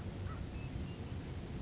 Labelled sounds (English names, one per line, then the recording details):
American Crow
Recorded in Sonoma County, California